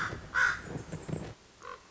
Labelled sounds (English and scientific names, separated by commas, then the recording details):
Common Raven (Corvus corax)
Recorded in Sonoma County, California